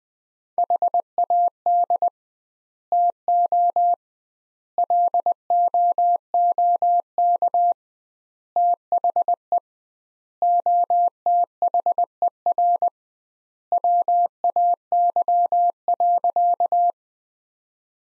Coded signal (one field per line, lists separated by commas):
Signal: Morse code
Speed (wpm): 20 wpm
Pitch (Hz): 700 Hz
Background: none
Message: HAD TO LOOK THE OTHER WAY.